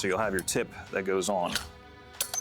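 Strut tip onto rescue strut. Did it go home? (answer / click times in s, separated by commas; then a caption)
yes / 2.2 s. Someone talks while a metal tip is fitted onto the top of a shorter rescue strut, used to make a purchase point in a vehicle. After a brief quiet stretch, a sharp metallic click at 2.2 s marks the tip seating in place, followed by two smaller clinks at about 2.3 s and 2.5 s.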